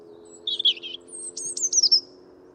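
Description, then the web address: European robin song: a short warbled phrase, then thin high trills and sliding whistles, over a faint steady low hum. "Deverinetal 2025 File origin Bird Only Er Ru"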